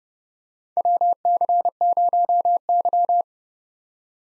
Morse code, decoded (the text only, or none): WC0Y